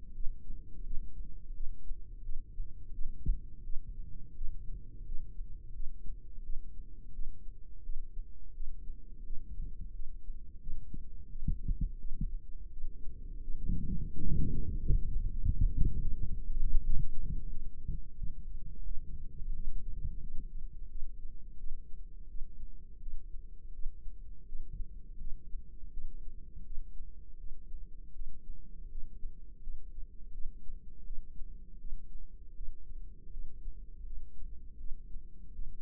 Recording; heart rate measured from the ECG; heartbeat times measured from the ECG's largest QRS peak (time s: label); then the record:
heart sounds by microphone in the right ear; 85 bpm
0.15 s: heartbeat
0.85 s: heartbeat
1.55 s: heartbeat
2.24 s: heartbeat
2.93 s: heartbeat
3.64 s: heartbeat
4.35 s: heartbeat
5.06 s: heartbeat
5.74 s: heartbeat
6.44 s: heartbeat
7.13 s: heartbeat
7.84 s: heartbeat
8.54 s: heartbeat
9.24 s: heartbeat
9.94 s: heartbeat
10.61 s: heartbeat
11.29 s: heartbeat
11.99 s: heartbeat
12.71 s: heartbeat
13.42 s: heartbeat
14.12 s: heartbeat
14.79 s: heartbeat
15.46 s: heartbeat
16.14 s: heartbeat
16.82 s: heartbeat
17.49 s: heartbeat
18.16 s: heartbeat
18.85 s: heartbeat
19.53 s: heartbeat
20.21 s: heartbeat
20.89 s: heartbeat
21.58 s: heartbeat
22.28 s: heartbeat
23.00 s: heartbeat
23.73 s: heartbeat
24.46 s: heartbeat
25.19 s: heartbeat
25.91 s: heartbeat
26.64 s: heartbeat
27.38 s: heartbeat
28.13 s: heartbeat
28.89 s: heartbeat
29.61 s: heartbeat
30.32 s: heartbeat
31.04 s: heartbeat
31.79 s: heartbeat
32.55 s: heartbeat
33.31 s: heartbeat
34.05 s: heartbeat
34.78 s: heartbeat
35.53 s: heartbeat
From the record:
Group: healthy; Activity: rest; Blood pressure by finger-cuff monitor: 119/85 mmHg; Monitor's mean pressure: 104 mmHg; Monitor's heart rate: 85 bpm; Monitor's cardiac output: 5 L/min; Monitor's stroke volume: 58 mL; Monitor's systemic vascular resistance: 1480 dyn s/cm5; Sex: female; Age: 51 years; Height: 162 cm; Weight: 70.04 kg